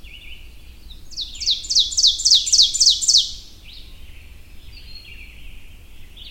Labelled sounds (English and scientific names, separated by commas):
Ovenbird (Seiurus aurocapilla) song